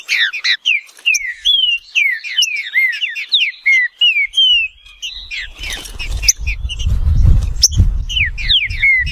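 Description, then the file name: Green-winged saltator delivering a lively series of sweet, down-slurred whistles, partly masked midway by a surge of broad rushing noise before the phrases continue. "canto do trinca ferro"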